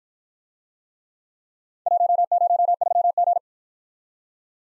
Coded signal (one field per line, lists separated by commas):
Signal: Morse code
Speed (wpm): 51 wpm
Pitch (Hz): 700 Hz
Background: none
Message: 103G